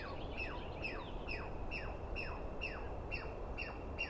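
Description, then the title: Douglas squirrel giving rapid harsh notes with downward slurs, about two per second, against a low rumbling background. Heard at dawn on the morning of 21 April 2017 in the East Cascades, screaming and calling for a good while after startling the recordist awake; identified by sound, not clearly seen. "Interview With The Chipmunk"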